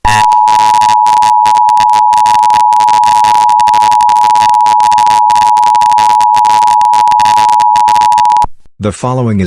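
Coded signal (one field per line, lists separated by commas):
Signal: Emergency Alert System (SAME) tones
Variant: 853 and 960 Hz attention tone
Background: speech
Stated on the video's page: Fictional EAS scenario alert tones about a meteor, fan-made.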